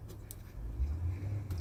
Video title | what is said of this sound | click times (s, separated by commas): BMW Z4 e89 Full Cruise Control Retrofit (Parts, Install, Code and demo) - Replacement Video. | it as it rotates he pushes but pull all the way in and it just clips and locks in place similar | 0.3 s